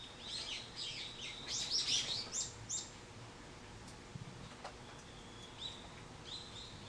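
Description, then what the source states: Bird chirps: a burst of quick, high notes in the first seconds, then quieter scattered calls and a few soft clicks. Recorded 24 March 2023.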